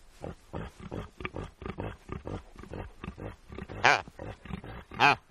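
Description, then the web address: Reindeer give a series of short, low grunts, then two louder, higher, harmonic calls close together near the end. "el sonido del grunido de los renos"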